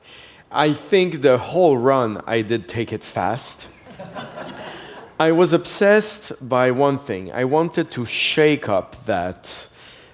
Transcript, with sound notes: I think the whole run I did take it fast.
(LAUGHTER)
I was obsessed by one thing. I wanted to shake up that